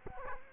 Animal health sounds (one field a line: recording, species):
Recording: mosquito wingbeat signal from an infrared sensor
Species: Culex quinquefasciatus